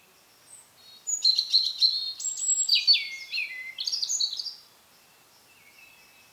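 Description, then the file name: European robin song: a short, fast phrase of high, sliding, liquid notes and trills after a brief quiet start. "Erithacus rubecula"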